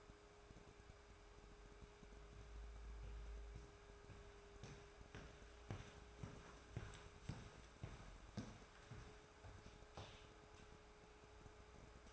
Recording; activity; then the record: daily activity, microphone in the room; walk to room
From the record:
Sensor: 2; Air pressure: 1010.3 hPa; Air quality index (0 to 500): 159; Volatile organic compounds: 7 ppm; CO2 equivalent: 2003 ppm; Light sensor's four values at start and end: 43/104/47/54 and 42/102/46/53